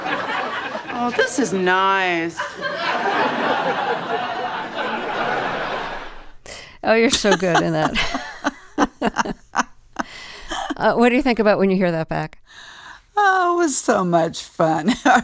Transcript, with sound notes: Oh, this is nice.
(LAUGHTER)
Oh, you're so good in that.
(LAUGHTER)
What do you think about when you hear that back?
Oh, I was so much fun.